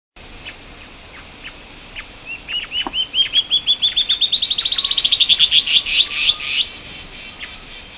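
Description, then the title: Band-tailed antbird song: a few scattered notes, then a fast series of short notes that rises in pitch and speeds up before slowing and fading near the end. "LuckyPassaro Completos2Sama. Band-tailed Antbird (Hypocnemoides maculicauda)"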